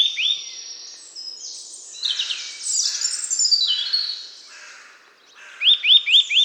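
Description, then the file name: Eurasian nuthatch calls: short upward-sweeping whistled notes at the start and a quick run of four near the end, with a tangle of other high birdsong between. "Sitta europaea"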